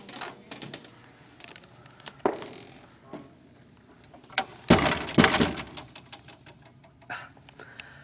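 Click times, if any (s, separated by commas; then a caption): none. A door swings shut under its door closer at a church, with scattered knocks and a burst of loud thuds and rattles around 4.4 to 5.5 seconds. The latch bolt fails to catch in the strike plate, so nothing has clicked or latched, even though it had latched a few minutes earlier.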